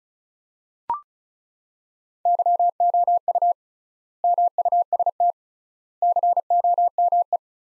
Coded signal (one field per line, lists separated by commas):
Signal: Morse code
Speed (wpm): 36 wpm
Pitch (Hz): 700 Hz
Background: none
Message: YOU MUST COME